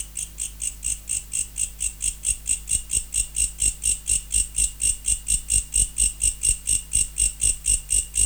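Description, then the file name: Mecopoda katydid singing, regular ticking pulses growing slightly louder, with a faint steady hum underneath. Recorded in November. "Mecopoda sp Nov"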